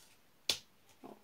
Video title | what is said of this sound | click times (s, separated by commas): Comprinhas Lojinha Super Seminário 2019 🥰🥰 | vai encaixar aqui, vai dar o clique. | 0.5 s